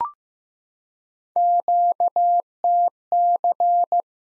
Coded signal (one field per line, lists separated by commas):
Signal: Morse code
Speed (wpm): 16 wpm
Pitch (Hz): 700 Hz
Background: none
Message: QTC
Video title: Worked All Europe DX Contest QTC Exchange 15wpm